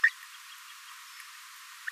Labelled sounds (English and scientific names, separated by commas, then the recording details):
Green-rumped Parrotlet (Forpus passerinus) babbling
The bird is a male
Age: 24 days
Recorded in a nest box in Venezuela
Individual 17B42A3